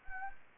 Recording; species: mosquito wingbeat signal from an infrared sensor; Anopheles gambiae